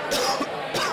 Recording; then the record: coughing mixed with background sound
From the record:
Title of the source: Coughing 60